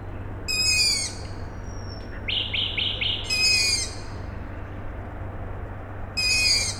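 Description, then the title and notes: Owl chicks uttering rasping begging calls a few seconds apart, with a short pulsed trill from another bird between them and a steady low hum. Owl chicks calling at night, Tuesday 21 May 2019, Siemianowice Śląskie, Poland; nightingale also singing; industrial plant audible in background; recorded with Zoom H5 and Audio-Technica BP4025. "Maciejkowicka , 41-103 Siemianowice Śląskie, Polska - Owl chicks and a nightingale. Wtorek, 21 maja 2019. Noc. Nawoływanie piskląt sowy. Słowik. Kombinat w tle. Nagrania terenowe Siemianowic Śląskich - Dźwiękowy Portret Miasta"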